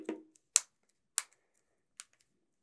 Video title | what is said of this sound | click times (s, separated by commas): Review: OtterBox Defender Rugged Case for Nokia Lumia Icon (930) | nice clicky action there then we take our silicone outer cover | 0.6 s, 1.2 s, 2.0 s